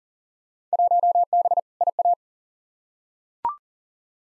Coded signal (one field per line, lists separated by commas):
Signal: Morse code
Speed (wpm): 40 wpm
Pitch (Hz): 700 Hz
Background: none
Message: 1B IA